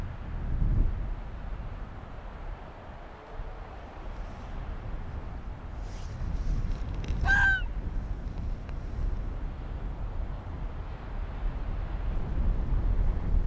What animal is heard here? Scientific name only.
Vulpes lagopus